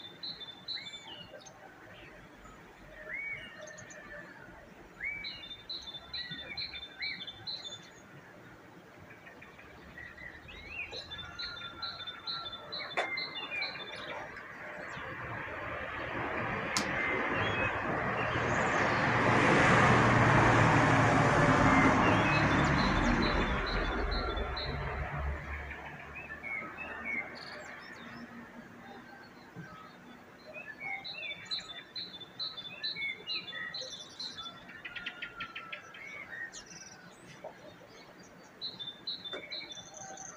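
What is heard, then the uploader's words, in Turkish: Birds call in short, rapid bursts of high, even chirps, repeating every few seconds against quiet ambience. Around the middle, a vehicle approaches, roars past loudest near twenty seconds, and fades, briefly masking the birdsong before the chirping resumes. Kuş Sesleri.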